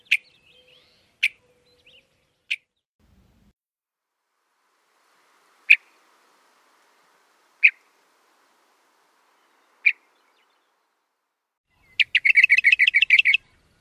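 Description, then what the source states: Western Meadowlark giving several separate sharp call notes at irregular intervals, then a quick chattering rattle at the end. A variety of calls, including a soft rattle and calls recalling the first whistles of its song.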